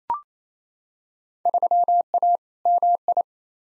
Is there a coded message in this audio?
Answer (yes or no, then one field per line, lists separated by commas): yes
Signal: Morse code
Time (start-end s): 1.5-3.2 s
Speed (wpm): 27 wpm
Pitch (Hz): 700 Hz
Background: none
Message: 3A MI